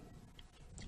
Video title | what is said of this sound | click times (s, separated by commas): Review BLACK+DECKER Reciprocating Saw Accessory For Cordless Drill (BDCMTRS) | Uh just simply snaps right in and you're good to go. | 0.4 s, 0.8 s